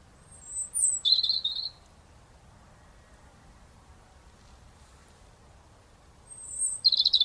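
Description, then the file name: European robin delivering a short phrase of thin high whistles sliding into a trill, silence for several seconds, then another similar phrase starting. "Erithacus rubecula"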